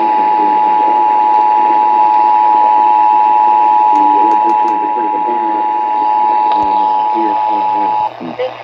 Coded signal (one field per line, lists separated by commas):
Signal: Emergency Alert System (SAME) tones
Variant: 853 and 960 Hz attention tone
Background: speech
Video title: Birthday Tests | EAS Tests From 12/7/2021 (EAS #1,120-1,127)